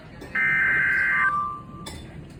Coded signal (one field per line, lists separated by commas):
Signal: Emergency Alert System (SAME) tones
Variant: header bursts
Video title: EAS #117 (SVR For Me)